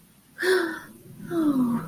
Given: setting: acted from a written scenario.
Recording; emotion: vocal sound without words; sympathy